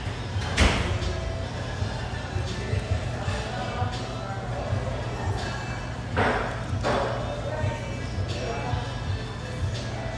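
A busy café fills the scene with a steady wash of overlapping voices and a low constant hum underneath. Sharp knocks and clatters punctuate it, a loud one near the start and another pair around six to seven seconds, like cups or a door.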